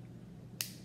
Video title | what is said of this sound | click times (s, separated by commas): Disney Pixar Cars Sarge With Cannon Cars 1 reviews #2 | Wait till you hear the click, and then it's good. | 0.6 s